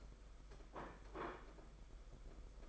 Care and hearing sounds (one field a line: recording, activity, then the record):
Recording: daily activity, microphone in the room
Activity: place plate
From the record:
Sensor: 5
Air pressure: 991.9 hPa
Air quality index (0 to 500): 165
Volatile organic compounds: 382 ppm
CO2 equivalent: 4642 ppm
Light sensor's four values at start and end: 31/107/39/42 and 31/107/39/42